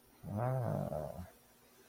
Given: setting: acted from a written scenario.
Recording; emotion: vocal sound without words; pride